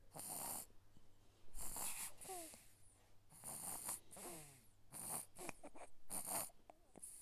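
Noisy, snorting breaths come in uneven bursts roughly every second or two, some with brief whistling tones as air moves through the nose and throat. This is a baby snoring while asleep, a sound effect.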